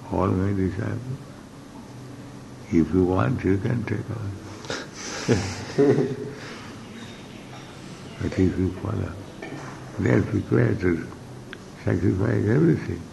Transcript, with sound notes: all my disciples. If you want, you can take also. [laughter] But if you follow. They are prepared to sacrifice everything,